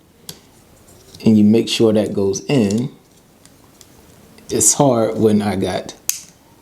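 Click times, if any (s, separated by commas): 6.1 s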